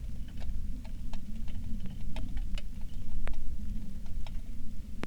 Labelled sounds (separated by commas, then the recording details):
songbird, wind, rain
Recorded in the Prudhoe Bay oil fields, Alaska, on 27 July 2019 at 18:12
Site 19